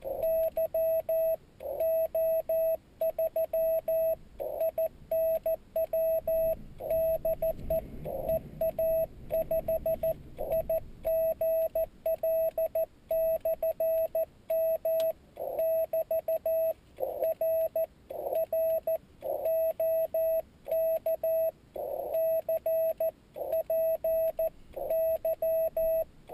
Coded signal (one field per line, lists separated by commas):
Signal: Morse code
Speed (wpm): 14 wpm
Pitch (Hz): 650 Hz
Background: radio noise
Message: YO3INW DE EA5IGL/M <BT> R R OK CPY